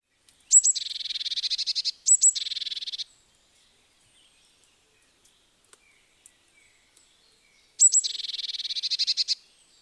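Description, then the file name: Eurasian blue tit giving high churring calls, each opening with sharp thin notes then a fast buzzy rattle; three bursts, two close together early, one later after a pause. "Cyanistes caeruleus"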